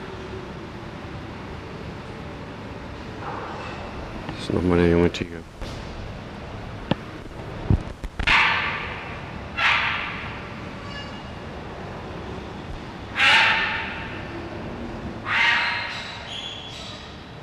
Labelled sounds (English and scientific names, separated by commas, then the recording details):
Tiger (Panthera tigris) call
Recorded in captivity
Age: juvenile
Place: Tierpark Berlin, Berlin, DE
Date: 1974-12-24
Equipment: Uher 4200 Report Stereo, Sennheiser MD 421, Verstärker
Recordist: Tembrock, Günter
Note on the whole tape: Einzelnes Jungtier, etwa 6 Monate alt: Rufe. Aufnahmezeit: 9.00-13.00 Uhr